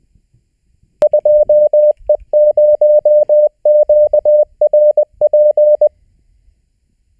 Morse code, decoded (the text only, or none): 2E0QRP